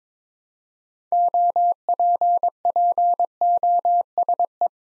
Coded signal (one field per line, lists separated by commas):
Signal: Morse code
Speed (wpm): 23 wpm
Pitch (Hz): 700 Hz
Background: none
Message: OPPOSE